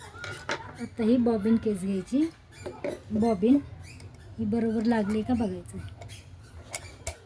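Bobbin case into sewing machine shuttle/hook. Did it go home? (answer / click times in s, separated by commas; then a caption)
yes / 7.1 s. A bobbin case holding its bobbin is pushed into the hook area of a sewing machine while someone talks. After a few small handling taps, a sharp click sounds at 7.1 s as the bobbin case seats correctly in place.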